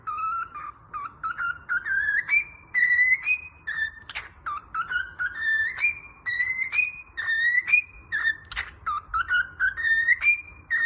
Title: Calopsitas Cantando Assobio